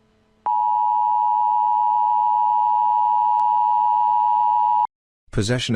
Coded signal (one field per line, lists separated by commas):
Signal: Emergency Alert System (SAME) tones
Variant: 853 and 960 Hz attention tone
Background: speech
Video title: DEATHNOTE - EAS Analog Horror